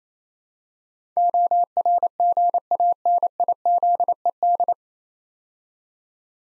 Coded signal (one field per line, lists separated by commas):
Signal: Morse code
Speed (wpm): 28 wpm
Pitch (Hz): 700 Hz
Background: none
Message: ORGANIZED